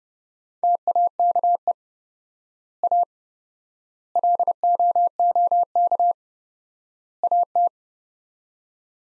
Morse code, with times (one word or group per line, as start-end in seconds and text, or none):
0.6-1.7 TAKE
2.8-3.0 A
4.2-6.1 LOOK
7.2-7.7 AT